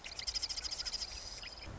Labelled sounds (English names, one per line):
Marsh Wren